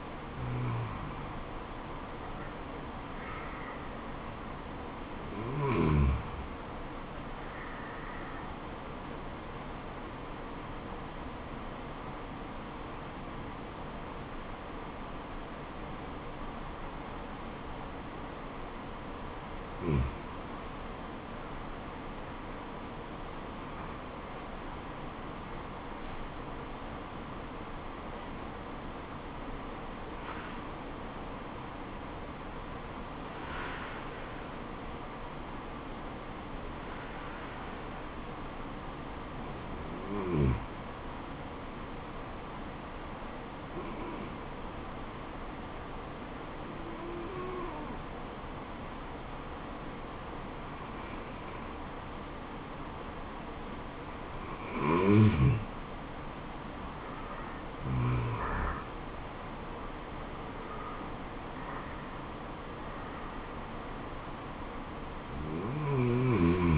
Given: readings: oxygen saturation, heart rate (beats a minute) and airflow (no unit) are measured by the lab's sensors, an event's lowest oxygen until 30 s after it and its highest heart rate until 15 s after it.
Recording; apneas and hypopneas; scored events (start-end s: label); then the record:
breathing in sleep by a voice recorder at the bedside; 2
6.00-23.10 s: hypopnea (N2, oxygen 96% highest, then 93% lowest, heart rate 74 at the start, 80 highest)
30.00-60.00 s: new sleep stage, N1 (lightest sleep)
36.00-57.10 s: hypopnea (N1, oxygen 96% highest, then 92% lowest, heart rate 76 at the start, 78 highest)
60.00-66.78 s: new sleep stage, N2 (light sleep)
From the record:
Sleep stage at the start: N2 (light sleep); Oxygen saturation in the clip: 92 to 96%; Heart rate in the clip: 71 to 80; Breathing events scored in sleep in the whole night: 426 in 7.4 hours asleep